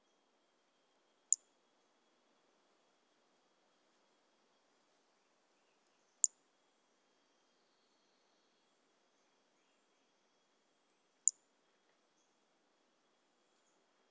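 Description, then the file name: Toadlet call: three brief, high-pitched click-like notes spaced about five seconds apart. Recorded on 18 January 2018; specimen collected. "Brachycephalus mirissimus. A E Confetti"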